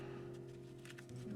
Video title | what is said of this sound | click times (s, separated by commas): KFA Course60 build…POM plate this time, alu coming soon | as you can hear it's snapping in nice and solid don't even have to worry about it | 0.9 s, 1.0 s